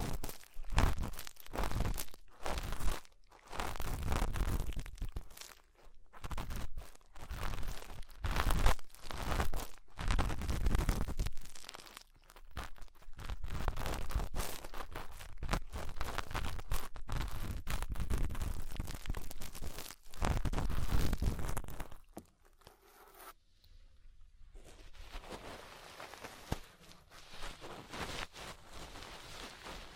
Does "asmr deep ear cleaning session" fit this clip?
yes